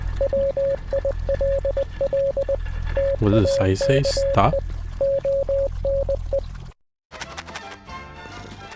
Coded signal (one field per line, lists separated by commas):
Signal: Morse code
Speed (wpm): 20 wpm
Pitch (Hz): 550 Hz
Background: speech, music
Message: WILL TAKE ONE